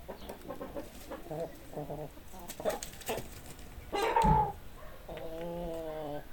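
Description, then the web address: Chicken clucking in short stacked bursts, one louder squawk past the middle, then a drawn-out harmonic call at the end. "hobokenchicken kira. chickens"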